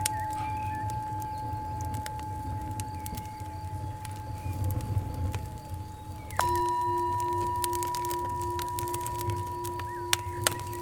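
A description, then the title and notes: A singing bowl rings with a steady, pure tone, then a fresh strike at about six seconds shifts it slightly higher and brighter. Beneath it runs a constant low rumble with soft crackles and scattered sharp pops from a warm fire. Singing Bowl Meditation (Warm Fire White Noise)-852+963Hz.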